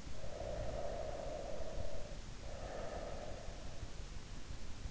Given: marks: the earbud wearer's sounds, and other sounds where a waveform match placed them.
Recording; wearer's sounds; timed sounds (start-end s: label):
sounds in sleep by an in-ear microphone; breath
0.00-3.55 s: breath